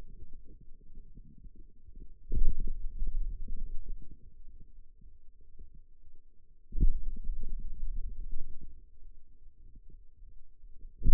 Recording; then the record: forearm muscle sounds (acoustic myography)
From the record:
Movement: pen grasping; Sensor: system 2, bracelet of six BSWA MPA416 microphones around the upper forearm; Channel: 2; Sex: male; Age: 22 years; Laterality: right